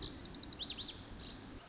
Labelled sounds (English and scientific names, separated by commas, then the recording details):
Lazuli Bunting (Passerina amoena)
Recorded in Sonoma County, California